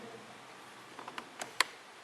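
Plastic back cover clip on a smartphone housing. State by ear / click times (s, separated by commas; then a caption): released / 1.6 s. The plastic back cover of a Samsung Galaxy Beam projector smartphone is pried off its housing, producing faint ticks at about 1.0, 1.1, 1.2 and 1.4 seconds. At 1.6 seconds a sharp, loud click sounds as a cover clip comes out of its catch, releasing it.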